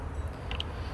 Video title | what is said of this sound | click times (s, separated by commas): Echo CS-305 chainsaw carburetor replacement | and you just press that in until it clicks like that | 0.5 s, 0.6 s